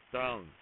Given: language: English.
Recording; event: throat vibration sensor signal played as sound; speech